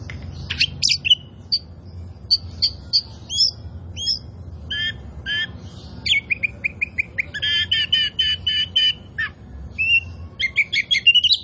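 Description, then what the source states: Oriental magpie-robin singing a long mix of whistled notes, rough chattering bursts and repeated scratchy phrases. Indonesian name kacer poci; described as gacor, meaning singing vigorously and often.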